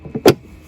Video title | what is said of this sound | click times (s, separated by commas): Sea - Doo FISH PRO 2021 - JET TEST | Acabou? Tá travado. | 0.3 s